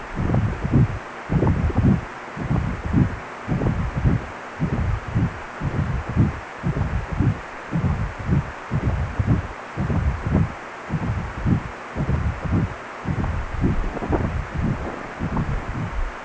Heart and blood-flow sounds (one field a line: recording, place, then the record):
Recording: Doppler ultrasound of blood flow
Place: precordium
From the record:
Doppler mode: continuous wave and pulsed wave in the uncut recording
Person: healthy adult, 18 to 50 years, no heart murmur, not diving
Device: 2.5 MHz transducer